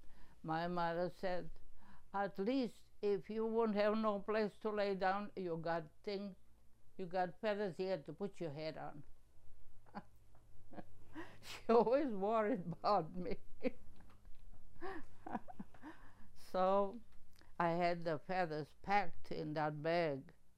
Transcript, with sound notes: My mother said "at least if you won't have no place to lay down you got, you got thing, you get feathers here to put your head on." (laughing) Always worried about me. (laughing) So, I had the feathers packed in that bag